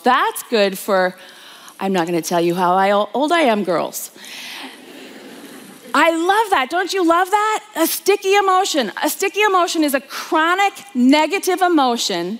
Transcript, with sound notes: That’s good for ‘I’m not going to tell you how old I am’ girls!” (laughter) I love that! Don’t you love that? A sticky emotion. A sticky emotion is a chronic negative emotion